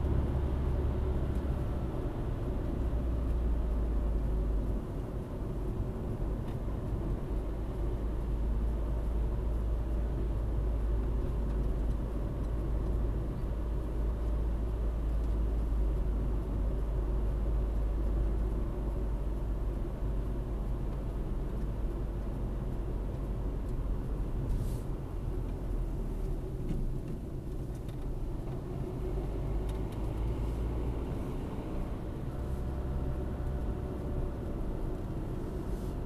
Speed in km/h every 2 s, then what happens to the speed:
65, 55, 55, 54, 55, 53, 51, 51, 54, 51, 50, 47, 42, 37, 44, 52, 48, 43.
0-2 brakes to 55. 2-16 steady at about 54. 16-26 slows to 37. 26-30 speeds up to 52. 30-36 slows to 43.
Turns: 23-28.